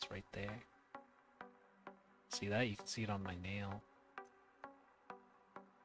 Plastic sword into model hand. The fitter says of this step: It doesn't really The sword doesn't click. It just kind of floats there. It just floats.